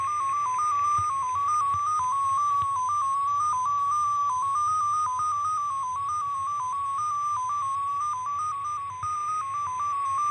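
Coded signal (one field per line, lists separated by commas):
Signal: numbers station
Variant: XPA2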